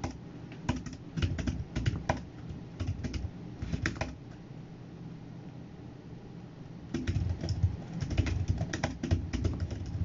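Computer work at a desk: quick clusters of keyboard taps in bursts from the start to about four seconds, then a quiet pause with only a low hum. Typing resumes around seven seconds, denser and steady, clicking rapidly until the end.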